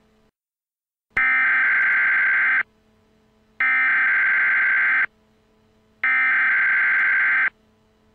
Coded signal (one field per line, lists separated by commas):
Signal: Emergency Alert System (SAME) tones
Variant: header bursts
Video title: Blizzard Warning: Cleveland, OH (12/25/12)